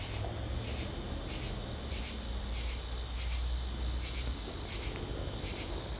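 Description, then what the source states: Crickets make a continuous high, even trill, with softer pulsing chirps beneath and a low rumbling hum that drops away after about four seconds. Crickets in a southern evening ambience, recorded in summer.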